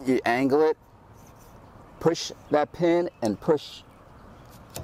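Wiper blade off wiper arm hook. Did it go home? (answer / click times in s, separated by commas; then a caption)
released / 4.8 s. Someone talks while pressing the retaining pin on an old wiper blade and pushing the blade down off the hook-shaped wiper arm. A sharp pop is heard at 4.8 seconds as the blade releases and comes off the arm.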